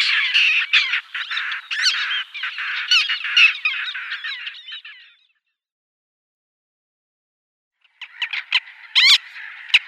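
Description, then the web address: Little gull calls: busy, overlapping nasal chattering that stops midway, a few seconds of silence, then a renewed burst of sharp, harsh notes. "Schulze Peter Little Gull"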